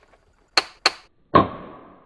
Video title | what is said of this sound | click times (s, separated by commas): IS THE EGO 615 CFM BLOWER THE BEST CORDLESS ELECTRIC BLOWER UNDER $200? | you go nice solid click | 0.6 s, 0.9 s